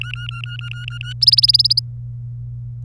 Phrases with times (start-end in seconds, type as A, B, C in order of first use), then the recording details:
0.01-1.13 A, 1.21-1.80 B. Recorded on 26 April 2018 at 15:12. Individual llb3